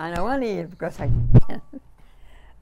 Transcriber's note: disturbance to the microphone